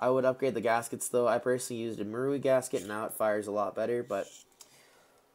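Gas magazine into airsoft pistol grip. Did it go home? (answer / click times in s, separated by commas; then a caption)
yes / 4.6 s. A gas magazine is pushed into the grip of a Skeleton Side Arms SS18C airsoft pistol. Someone talks, and after the speech stops, one short, quiet click is heard at 4.6 seconds as the magazine locks into place.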